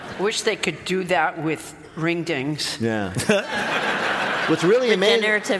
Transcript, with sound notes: Wish they could do that with Ring-Dings.
Yeah.
(LAUGHTER)
What's really amazing...